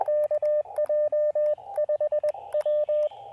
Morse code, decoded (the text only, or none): KJ5W